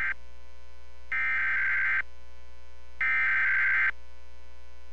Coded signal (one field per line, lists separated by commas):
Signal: Emergency Alert System (SAME) tones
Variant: header bursts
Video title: (EAS #14) Guam Required Monthly Test on KGUM. (November 03, 2021)